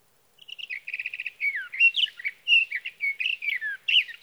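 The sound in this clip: Sage thrasher singing a fast run of warbled, rising and falling notes, opening with a quick stuttered series before tumbling into a varied jumble.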